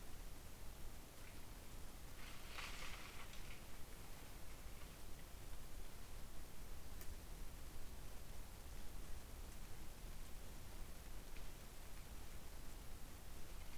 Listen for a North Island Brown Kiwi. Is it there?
no